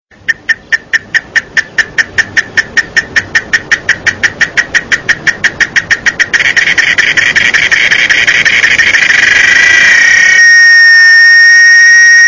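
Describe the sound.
Cicada call: regular buzzy pulses that quicken and merge into a continuous loud drone, cutting off abruptly before a steady high whistling tone.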